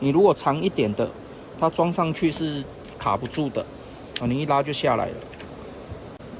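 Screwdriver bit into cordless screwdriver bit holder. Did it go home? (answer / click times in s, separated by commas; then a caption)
yes / 5.4 s. Someone talks while a short-shank screwdriver bit is pushed into the quick-release bit holder of a DEWALT DCF620 20V brushless cordless drywall screwdriver. The bit snaps in with a sharp click at 5.4 s and is seated, since this short-shank type catches and holds while longer bits pull straight out.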